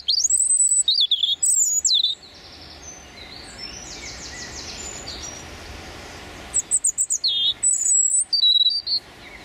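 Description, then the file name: European robin singing sweet, high, wavering whistled phrases in two bursts, the first opening the recording, the second near the end, with soft chirping between. Male singing his territorial song. "European Robin Erithacus rubecula male singing his territorial song"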